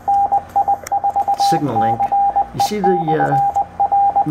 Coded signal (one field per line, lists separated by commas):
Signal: Morse code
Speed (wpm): 20 wpm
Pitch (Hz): 800 Hz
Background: speech, radio noise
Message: NI4CE/R